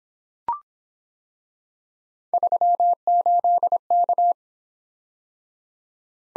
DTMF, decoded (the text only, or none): none